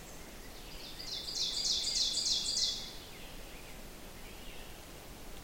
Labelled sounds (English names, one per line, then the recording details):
Ovenbird song
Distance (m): 25 m
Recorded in boreal forest in Alberta, Canada, on 6 June 2016 at 08:20
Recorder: SongMeter 3, array SBT-3-51
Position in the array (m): 218 m, 9 m
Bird 27